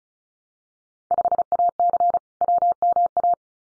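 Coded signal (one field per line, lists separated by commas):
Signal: Morse code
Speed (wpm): 34 wpm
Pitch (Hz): 700 Hz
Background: none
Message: 5AC WMA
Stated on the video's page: Field Day exchange copying drill at 35 wpm; each exchange sent in Morse, spoken, then sent again.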